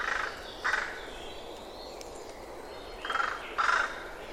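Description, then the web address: Bird making hoarse calls, two near the start and two more after a long pause, set against steady background noise. "birddata Deverinetal 2025 Bird Only"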